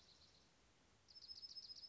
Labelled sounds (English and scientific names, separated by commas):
Dark-eyed Junco (Junco hyemalis)